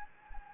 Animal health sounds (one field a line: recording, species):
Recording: mosquito wingbeat signal from an infrared sensor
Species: Anopheles gambiae